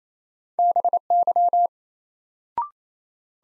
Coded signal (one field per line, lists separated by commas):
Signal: Morse code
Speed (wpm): 28 wpm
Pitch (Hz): 700 Hz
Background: none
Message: BY